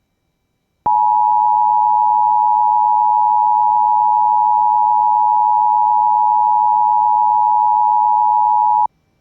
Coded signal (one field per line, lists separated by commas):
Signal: Emergency Alert System (SAME) tones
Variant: 853 and 960 Hz attention tone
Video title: BEST EAS E V E R